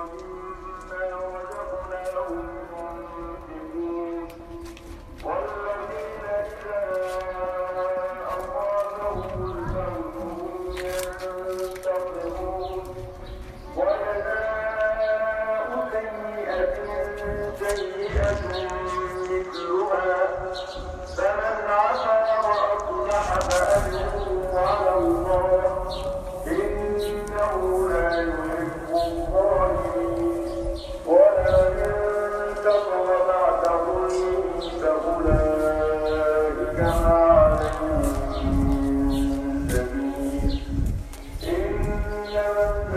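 A tour guide sings alone in a stone cistern, holding long sustained notes that ring and hang in the heavy echo. The melody moves slowly through phrases, growing louder from about 14 seconds, with soft shuffles and footsteps underneath.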